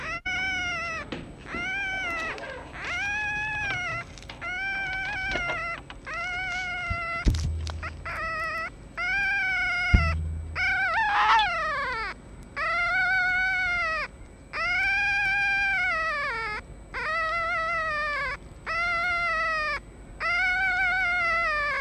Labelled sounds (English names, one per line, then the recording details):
Red Fox
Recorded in captivity
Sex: male
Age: juvenile
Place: Zoologisches Institut der HUB, Berlin, DE
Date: 1956-05-01 12:40
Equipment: Elmetra
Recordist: Tembrock, Günter